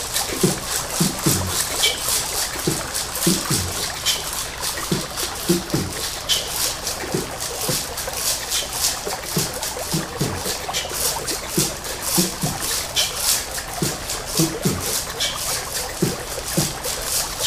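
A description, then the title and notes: Water trickles and splashes in a dense, bright, hissing rattle that runs without a break for the whole stretch, close to the sound of a shaker. Short, low plucked notes, perhaps string tones, pop up irregularly every second or so underneath. Strings - Voice - Shaker - Water.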